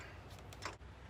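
A torque wrench tightens a brake pad bracket screw on a motorcycle to eleven newton meters. Against a low steady hum, short sharp clicks are heard at 0.5 s and 0.7 s, the second louder and carrying more high-frequency energy. The wrench clicks at its setting, so the screw is done.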